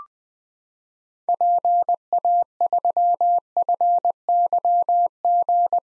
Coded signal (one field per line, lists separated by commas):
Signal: Morse code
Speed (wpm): 20 wpm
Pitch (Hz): 700 Hz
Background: none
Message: PA3FYG